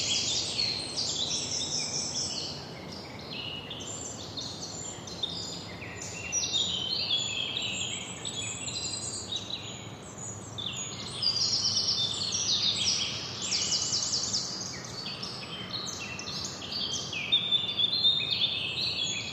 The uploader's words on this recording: Today was finally a cool day after the summer heat. A pleasant fresh air spreads in the forest and the birds give a beautiful concert.